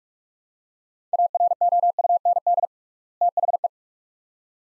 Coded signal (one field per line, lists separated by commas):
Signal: Morse code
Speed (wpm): 41 wpm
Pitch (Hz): 700 Hz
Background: none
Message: AROUND THE